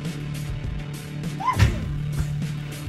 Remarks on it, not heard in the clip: Did you just hear that squeak? That squeaky sneeze? That was a sneeze. Dust in my nose. But I turned my mic off to sneeze.